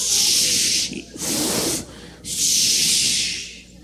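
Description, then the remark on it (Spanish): A voice imitates liquid spurting out of a mouth as a belly is squeezed, with three loud, breathy hissing bursts: a long spray, a shorter rougher gush, then another long hiss that fades away. “Y como ballena le apachorraban la panza y salía el líquido por la boca.”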